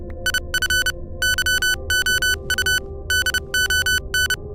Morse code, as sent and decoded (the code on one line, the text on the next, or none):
.. ..-. / -.-- --- ..- / -.. --- -.
IF YOU DON